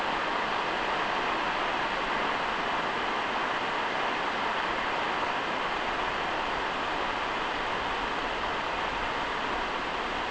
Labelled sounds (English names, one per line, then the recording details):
none
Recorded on Arctic tundra, site NAIT-1, on 29 June 2018
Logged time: 01:00